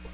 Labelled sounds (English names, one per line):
American Redstart flight call